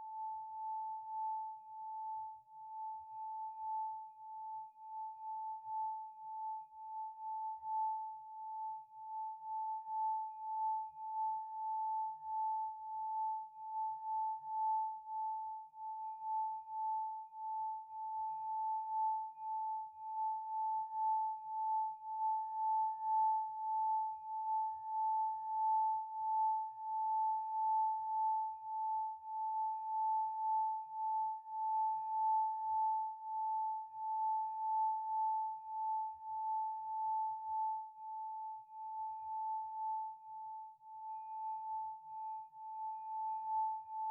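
Antique Tibetan singing bowls hum one steady, pure mid-pitched tone for the whole time, its loudness gently pulsing in a slow, even wobble.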